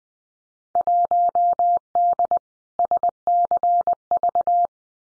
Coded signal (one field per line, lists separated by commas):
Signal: Morse code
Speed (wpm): 20 wpm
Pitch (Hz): 700 Hz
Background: none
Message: 1D SCV